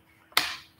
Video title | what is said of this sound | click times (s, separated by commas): " Custom avenger bullpup rebuild" Putting a bull pup together. How to disassemble avenger bull pop | there it is if you don't hear that snap you're not going to do it so it | 0.4 s